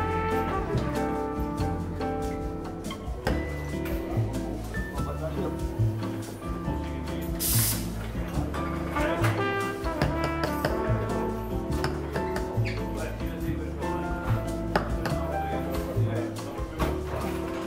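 Coffee shop ambience: steady background music with a pulsing low bass line runs under a murmur of voices. Frequent clinks and taps of cups and cutlery come throughout, and a brief bright hiss rises around the eight-second mark.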